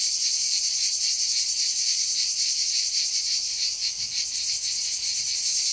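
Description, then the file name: Cicada song, a loud continuous buzzing drone with a fast throb, dipping slightly in loudness partway. "CHANT CIGALE"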